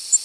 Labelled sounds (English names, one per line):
Tennessee Warbler flight call